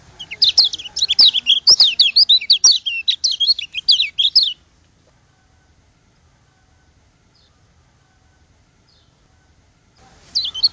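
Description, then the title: White-eye song, a rapid high twittering burst of about four seconds, then long silence, then the song starting again. From Lombok. "Plecir3un. Suara burung pleci lombok"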